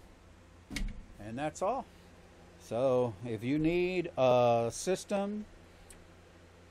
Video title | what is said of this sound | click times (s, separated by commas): Learn How to Install a New Graphics Card or Upgrade Your Existing GPU | pop it in till it clicks | 0.8 s